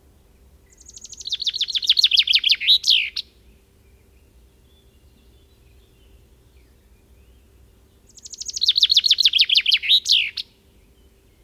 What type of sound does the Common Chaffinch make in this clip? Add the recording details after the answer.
song. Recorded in the wild. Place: Leszno, Großpolen, PL. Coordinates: 51.842, 16.594. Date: 1987-07-15 06:38. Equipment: Nagra III BH, Sennheiser MD 21, parabola. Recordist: Schubert, Michael